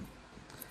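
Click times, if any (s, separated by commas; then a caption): 0.6 s. A female embossing seal plate is twisted against its male seal plate until the halves align, giving a sharp, faint click at 0.6 s over a quiet background hiss. The seal plates are seated and aligned.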